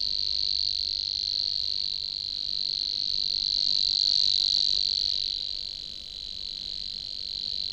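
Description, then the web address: Savi's warbler reeling song, an unbroken high insect-like buzz running the whole time and swelling slightly louder midway before easing off. "chant didier collin locustelle luscinioide"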